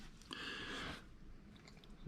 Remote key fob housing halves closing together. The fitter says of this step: and you'll hear it snap